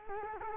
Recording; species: mosquito wingbeat signal from an infrared sensor; Culex quinquefasciatus